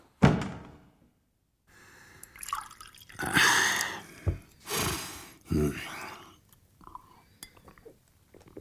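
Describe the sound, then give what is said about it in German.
Liquid splashes and gurgles into a glass in several uneven bursts, with a sharp clink at the start and light knocks of glassware between pours. “Das tut gut, eine kleine Stärkung. Oh, gieß dir auch ein Glas ein”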